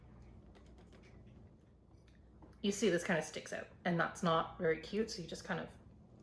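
The hidden elbow joint piece of a vinyl doll's arm sticks out after the arm is straightened, and it is being handled before being pushed back in. Faint handling sounds are heard, then someone talks. Nothing has seated or clicked yet.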